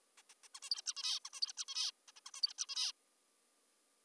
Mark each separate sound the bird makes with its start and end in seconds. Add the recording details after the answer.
0.18-0.22, 0.30-0.34, 0.44-0.48, 0.55-0.60, 0.62-0.70, 0.71-0.82, 0.86-0.94, 0.96-1.20, 1.25-1.30, 1.34-1.41, 1.42-1.53, 1.57-1.65, 1.68-1.91, 2.08-2.12, 2.16-2.20, 2.26-2.31, 2.34-2.42, 2.43-2.53, 2.58-2.66, 2.69-2.92. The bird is an adult. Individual g19o3U